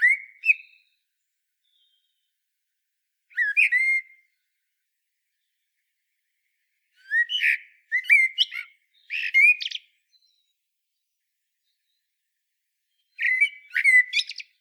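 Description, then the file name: Common blackbird singing mellow whistled phrases with scratchy high flourishes, spaced by pauses of a few seconds, with a denser run of phrases midway. "Turdus merula"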